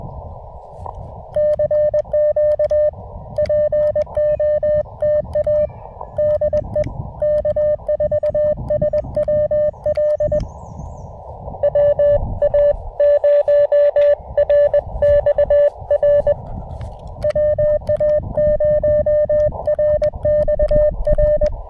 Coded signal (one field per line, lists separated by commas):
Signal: Morse code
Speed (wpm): 20 wpm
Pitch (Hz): 590 Hz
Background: none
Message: CQ POTA DE K4SWL WA0RXR WA0RXR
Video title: POTA Under the Oaks: A little wet weather can't dampen this South Mountains activation!